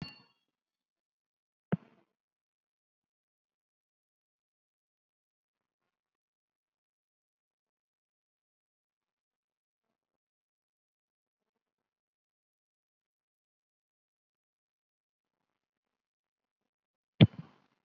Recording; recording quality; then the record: shallow breathing; poor, much background noise or distortion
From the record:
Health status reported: COVID-19 positive, moderate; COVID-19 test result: positive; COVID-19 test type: RT-PCR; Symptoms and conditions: breathing difficulty, fatigue, muscle pain, hypertension, diabetes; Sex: female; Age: 86 years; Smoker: no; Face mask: worn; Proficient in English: no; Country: India